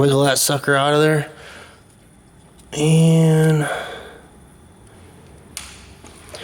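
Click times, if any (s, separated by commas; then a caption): 5.6 s. Someone talks while working on a vehicle during a Packard Performance Pro R supercharger install, then an old plastic clip or connector is popped loose from its mount with a sharp snap at 5.6 s. It is released, so it can slide out, followed by a couple of faint handling ticks.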